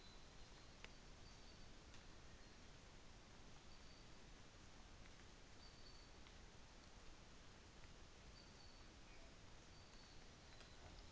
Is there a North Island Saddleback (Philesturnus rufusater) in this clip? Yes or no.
no